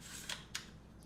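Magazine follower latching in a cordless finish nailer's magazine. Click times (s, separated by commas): 0.5 s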